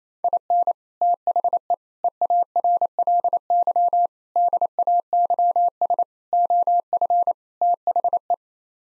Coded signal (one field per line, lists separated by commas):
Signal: Morse code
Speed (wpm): 28 wpm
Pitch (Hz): 700 Hz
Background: none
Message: IN THE EARLY DAYS OF THE